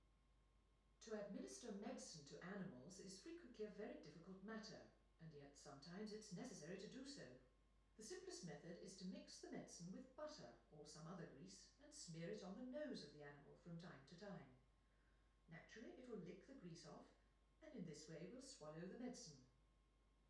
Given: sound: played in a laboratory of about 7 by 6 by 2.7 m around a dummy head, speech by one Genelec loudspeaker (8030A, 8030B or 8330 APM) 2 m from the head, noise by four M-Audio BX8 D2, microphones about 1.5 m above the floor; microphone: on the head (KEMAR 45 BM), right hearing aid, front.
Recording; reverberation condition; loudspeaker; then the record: female speech in English; medium; 150 degrees to the left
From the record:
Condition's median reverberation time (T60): about 510 ms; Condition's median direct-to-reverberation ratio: about -0.5 dB